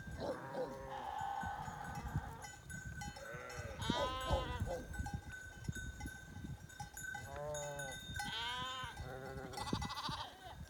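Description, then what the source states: Sheep bleating, scattered wavering bleats at intervals of a few seconds over constant low rumbling and clattering noise. September 2021.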